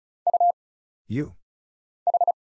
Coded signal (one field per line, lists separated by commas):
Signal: Morse code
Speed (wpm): 36 wpm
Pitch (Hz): 700 Hz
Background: none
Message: U H